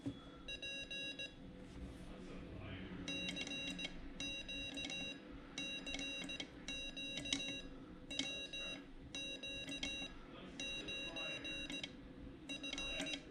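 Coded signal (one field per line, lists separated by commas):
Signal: Morse code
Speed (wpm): 17 wpm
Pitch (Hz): 2750 Hz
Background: speech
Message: P CQ CQ WQ9F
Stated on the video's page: QRPGuys Morse Code Trainer kit acting as practice oscillator for straight key, bug or paddle, playing random 5-character groups for copy practice.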